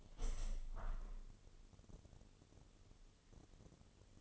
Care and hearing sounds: daily activity, microphone in the room; open window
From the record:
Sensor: 4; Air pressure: 1015.8 hPa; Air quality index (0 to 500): 80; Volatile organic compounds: 1 ppm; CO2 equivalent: 889 ppm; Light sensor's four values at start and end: 9/20/8/7 and 9/20/8/7

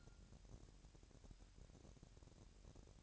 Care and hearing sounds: daily activity, microphone in the room; take from stove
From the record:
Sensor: 2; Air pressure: 1011.9 hPa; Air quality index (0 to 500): 197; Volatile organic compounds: 3 ppm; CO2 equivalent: 1395 ppm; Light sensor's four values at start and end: 70/167/69/67 and 70/167/69/67

